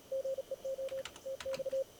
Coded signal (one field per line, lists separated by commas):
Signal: Morse code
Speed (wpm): 38 wpm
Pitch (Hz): 530 Hz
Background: none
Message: GEO TX